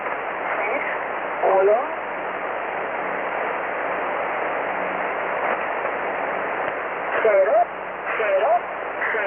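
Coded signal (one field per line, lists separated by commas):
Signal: numbers station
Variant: V07, Mandarin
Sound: a few short spoken words, spaced apart, heard through steady shortwave hiss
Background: radio static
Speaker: I am now going to play you a clip of what V07 sounds like so you at least get the idea of what the station did sound like when it was broadcasting.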